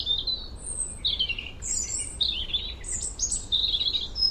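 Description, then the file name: European robin song, a fast sequence of clear, high, liquid phrases alternating between higher and lower pitches with barely any gaps. "Erithacus rubecula"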